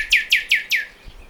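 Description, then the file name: Common nightingale song fragment: four quick descending whistled notes in rapid succession, then fading. "Luscinia megarhynchos"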